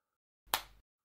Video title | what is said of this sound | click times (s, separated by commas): Philips OneBlade Pro Face & Body Review ► Whole body w/ just one device? ✅ Reviews "Made in Germany" | Bir "klik" sesi, yerine oturduğunu gösterir. | 0.5 s